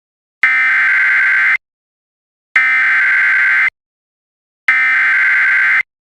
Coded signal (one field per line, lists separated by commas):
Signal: Emergency Alert System (SAME) tones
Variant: header bursts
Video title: EAS MOCK: Destructive ILN Severe Thunderstorm Warning